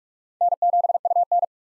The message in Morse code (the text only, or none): N7UN